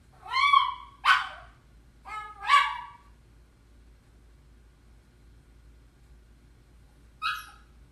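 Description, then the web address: Hunting dog giving a few yelping, slightly whiny barks in two pairs, then a silence and one last bark. "liangi quanno feie sheng"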